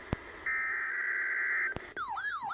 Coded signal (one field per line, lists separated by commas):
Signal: Emergency Alert System (SAME) tones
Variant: header bursts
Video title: NOAA Required Weekly Tests (EAS #1044-1048)